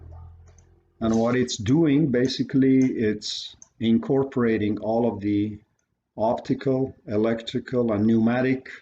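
The latch on a Qsep100 bench-top fragment analyzer is closed to lock the gel cartridge into the instrument, giving two quick clicks at 0.5 s and 0.6 s as the latch engages and the cartridge seats. Someone then talks for the rest of the clip.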